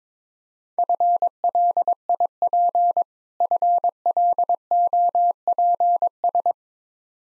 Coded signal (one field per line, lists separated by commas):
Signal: Morse code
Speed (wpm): 22 wpm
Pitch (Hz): 700 Hz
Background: none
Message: FLIP FLOPS